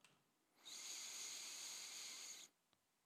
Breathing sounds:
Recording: one breath near a microphone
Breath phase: inhalation

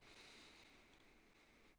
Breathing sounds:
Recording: one breath near a microphone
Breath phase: inhalation

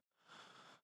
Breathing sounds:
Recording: one breath near a microphone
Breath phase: inhalation

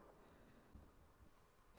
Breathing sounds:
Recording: one breath near a microphone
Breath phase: inhalation

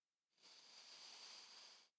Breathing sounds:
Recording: one breath near a microphone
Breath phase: inhalation

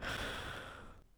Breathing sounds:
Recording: one breath near a microphone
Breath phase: exhalation

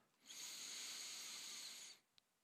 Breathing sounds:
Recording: one breath near a microphone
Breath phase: inhalation

